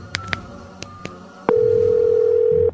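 A Nokia N95 mobile phone sounds for an incoming call: a few soft clicks and short blips, then one steady, mid-pitched electronic tone holding for just over a second before cutting off.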